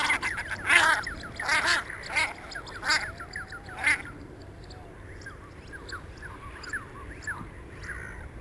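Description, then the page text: Common shelduck calls: a few loud, harsh bursts in the first four seconds, then softer scattered quacking notes continuing in the background. "Пеганка (Tadorna tadorna)"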